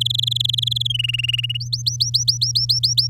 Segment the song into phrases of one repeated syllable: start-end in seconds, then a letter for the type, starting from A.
0.01-0.87 A, 0.90-1.57 B, 1.60-3.07 C